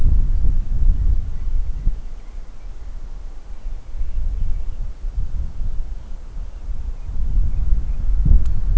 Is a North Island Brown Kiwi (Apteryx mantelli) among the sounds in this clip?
no